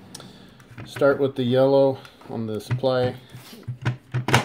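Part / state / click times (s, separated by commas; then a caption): ribbon cartridge supply side into card printer / seated / 4.3 s. A plastic ribbon cartridge is loaded into a Fargo HDP5000 / HDP5600 / HDPii card printer, with the yellow supply side going in first and pushed in until it clicks. Someone talks over soft handling sounds, then a few short knocks lead into the click at 4.3 s, which is doubled at 4.3 s. The supply side of the ribbon cartridge is seated.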